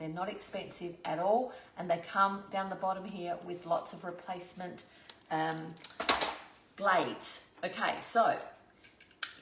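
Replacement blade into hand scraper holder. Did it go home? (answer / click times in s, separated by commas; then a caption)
yes / 9.2 s. A replacement metal blade is fitted into a hand scraper (label remover) from a hardware store while someone talks, with handling clatter around 6.0 s. The blade clicks into place with a sharp, short hit at 9.2 s and is seated.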